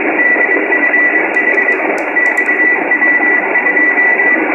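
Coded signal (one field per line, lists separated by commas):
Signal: Morse code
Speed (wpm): 23 wpm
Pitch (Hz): 1950 Hz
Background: radio noise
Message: DFH XW2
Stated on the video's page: Beacon received from the XW-2B satellite.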